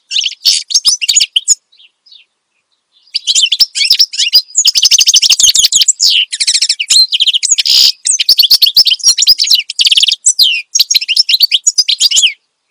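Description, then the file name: Finch song: a brief chirpy phrase, a pause, then a long, nearly continuous stream of fast high trills and buzzes. Energetic ('gacor') finch song, presented as suitable for tutoring songbirds (masteran). "Suara Kicauan Burung Finch Gacor Dor Cocok Untuk Masteran"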